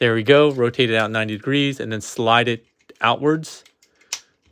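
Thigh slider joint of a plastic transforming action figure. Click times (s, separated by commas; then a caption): 4.1 s. Someone talks while the thigh of a plastic transforming robot action figure, the Fans Toys FT-61 Inquisitor (Scourge), is rotated out 90 degrees and then slid outward on its slider joint. At 4.1 s a single sharp click is heard as the thigh slider joint seats into place, with a few faint ticks around it.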